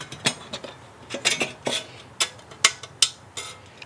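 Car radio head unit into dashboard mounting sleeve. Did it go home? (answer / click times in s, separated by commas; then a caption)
yes / 2.6 s, 3.0 s. A new car radio head unit is pushed into its dashboard mounting sleeve after the old unit was removed, making light rattles and plastic knocks. Two sharp, loud snaps at 2.7 s and 3.0 s mark the unit seating in place.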